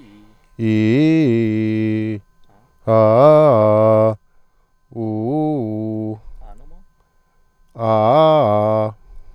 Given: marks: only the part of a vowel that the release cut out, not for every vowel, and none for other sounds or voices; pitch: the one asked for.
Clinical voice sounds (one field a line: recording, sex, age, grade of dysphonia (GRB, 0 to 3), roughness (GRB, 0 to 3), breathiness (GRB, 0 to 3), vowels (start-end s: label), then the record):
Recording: sustained vowels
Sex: male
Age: 40 to 49 years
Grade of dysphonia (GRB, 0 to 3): 0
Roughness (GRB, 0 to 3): 0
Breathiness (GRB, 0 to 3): 0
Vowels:
0.71-2.05 s: vowel /i/, low-high-low pitch
5.06-6.05 s: vowel /u/, low-high-low pitch
7.90-8.79 s: vowel /a/, low-high-low pitch
From the record:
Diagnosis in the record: healthy voice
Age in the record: 45 years